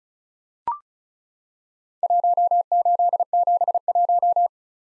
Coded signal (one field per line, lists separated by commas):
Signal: Morse code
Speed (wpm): 36 wpm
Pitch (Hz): 700 Hz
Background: none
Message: 1871